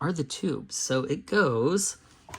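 Someone talks while handling a rubber tube accessory for the diecast 2024 Ghostbusters Frozen Empire Track & Trap Ecto-1 toy car, about to press it into the bottom mount of the car body. A couple of faint handling sounds come near the end, at 2.3 seconds. Nothing has seated or clicked yet.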